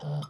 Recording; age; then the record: pig call; piglet (1 to 25 days)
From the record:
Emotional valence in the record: negative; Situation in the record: short isolation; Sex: male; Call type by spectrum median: low-frequency call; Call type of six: low-frequency tonal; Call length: 0.30 s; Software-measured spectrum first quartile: 148 Hz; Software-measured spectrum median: 247 Hz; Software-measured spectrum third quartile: 1134 Hz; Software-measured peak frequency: 148 Hz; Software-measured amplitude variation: 109 dB a second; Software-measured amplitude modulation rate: 15.2 a second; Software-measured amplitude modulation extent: 7.2 dB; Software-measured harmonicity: 5.7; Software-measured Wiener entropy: -1.69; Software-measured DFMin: 968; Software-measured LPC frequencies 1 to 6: 1294, 3120, 3653, 5026, 6451, 7678 Hz